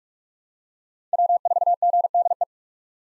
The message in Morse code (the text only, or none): W4GDE